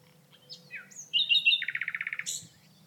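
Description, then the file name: Common nightingale delivering scattered thin notes, then a rich warble leading into a rapid rhythmic series of about a dozen repeated pulses ending on a high buzzy note. Recorded on 29 March 2006. "20060329 Nightingale"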